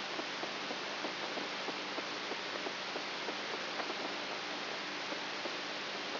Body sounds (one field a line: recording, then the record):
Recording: brain microelectrode recording played as sound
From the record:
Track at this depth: outside the subthalamic nucleus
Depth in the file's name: 7.24 mm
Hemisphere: right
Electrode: 3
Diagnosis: Parkinson's disease